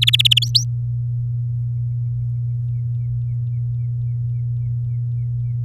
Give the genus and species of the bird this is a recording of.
Serinus canaria